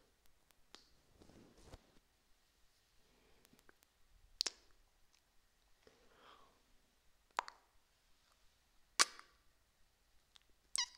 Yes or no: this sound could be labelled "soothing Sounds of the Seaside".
no